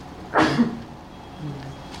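A single sharp sneeze bursts out, a sudden loud gust of breathy noise that cuts off quickly, followed by a soft murmur and quiet background.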